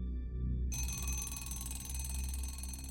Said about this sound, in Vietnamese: tiếng chuông báo thức kêu ầm ĩ mất cả nửa giờ mới lôi được Hưng thức dậy khỏi giấc ngủ dài